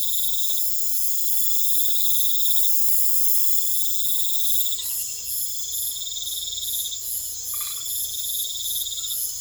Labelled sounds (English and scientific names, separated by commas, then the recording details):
none
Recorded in pastures near Puerto Asís, Putumayo, Colombia, on 21 December 2024 at 20:00
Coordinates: 0.487, -76.322
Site GP09